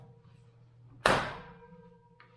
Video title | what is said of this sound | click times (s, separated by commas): Installing a Cargo Rack on the Bronco Sport (or any vehicle) | snap into place, and that's it. | 1.1 s